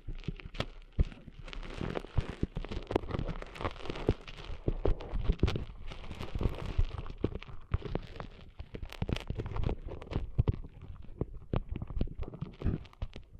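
Cleaning sand out of ears: a dense, scratchy crackling runs throughout, full of sharp pops and clicks that come several times a second at irregular moments. A low rumbling rustle sits underneath, and the level swells and dips without ever stopping.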